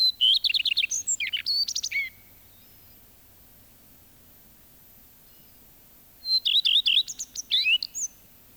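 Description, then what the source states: Common Redstart song, two strophes: each a quick run of repeated notes ending in a varied flourish, with a quiet gap between. Field recording from Finland, released on cassette in 1987.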